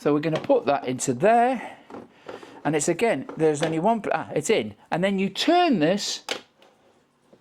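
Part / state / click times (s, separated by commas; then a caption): outer bowl twisting into ice cream maker base / seated / 6.6 s. An outer bowl assembly is set into the base of a Ninja Creami ice cream maker and twisted while someone talks. It clicks into place at 6.6 seconds, and the bowl is confirmed seated.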